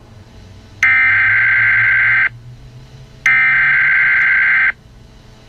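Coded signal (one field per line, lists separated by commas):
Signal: Emergency Alert System (SAME) tones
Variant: header bursts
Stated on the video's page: Preview of a fictional EAS scenario.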